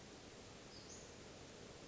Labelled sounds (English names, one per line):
Western Flycatcher